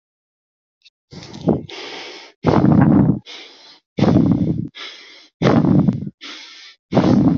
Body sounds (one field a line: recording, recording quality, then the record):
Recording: shallow breathing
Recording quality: excellent, no background noise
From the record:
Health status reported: healthy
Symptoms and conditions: none ticked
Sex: male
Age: 44 years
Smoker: not ticked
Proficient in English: yes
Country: India